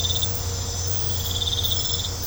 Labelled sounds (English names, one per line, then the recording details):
none
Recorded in pastures near Puerto Asís, Putumayo, Colombia, on 20 December 2024 at 23:00
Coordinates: 0.502, -76.324
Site G077